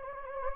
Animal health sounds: mosquito wingbeat signal from an infrared sensor; Anopheles gambiae

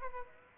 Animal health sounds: mosquito wingbeat signal from an infrared sensor; Aedes aegypti

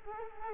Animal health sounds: mosquito wingbeat signal from an infrared sensor; Culex quinquefasciatus

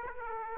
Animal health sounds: mosquito wingbeat signal from an infrared sensor; Aedes aegypti

